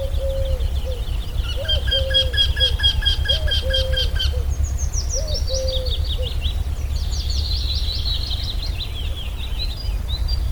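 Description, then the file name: Eurasian wryneck giving a run of about ten evenly spaced, nasal, ringing notes, amid twittering songs of other birds, soft low hooting notes and a steady low rumble. "Torcicollo"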